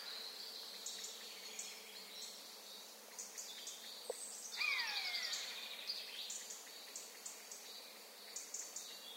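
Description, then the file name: Eurasian jay calling once mid-recording, a drawn-out falling mew, amid frequent sharp high chirps from other small birds. "Garrulus glandarius"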